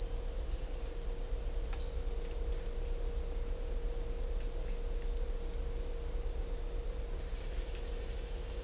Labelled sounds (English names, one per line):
none